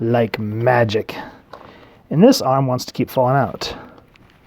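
Someone talks while handling the arm of a plastic Hasbro Marvel Legends Sugar Man (Age of Apocalypse) build-a-figure, which keeps falling out, lining it up with the torso's shoulder joint. A few faint, short handling ticks are heard near the end, around 4.0 to 4.3 seconds. Nothing has seated or clicked yet.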